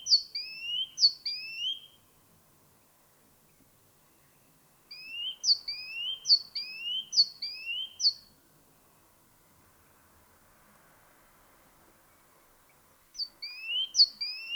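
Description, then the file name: Great tit repeating a bright two-note phrase, high then lower, in three bursts of several phrases separated by pauses of a few seconds. "Parus major"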